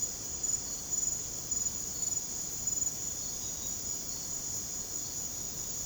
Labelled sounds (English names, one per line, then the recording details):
none
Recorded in secondary vegetation near Puerto Asís, Putumayo, Colombia, on 21 December 2024 at 01:30
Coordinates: 0.489, -76.322
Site G059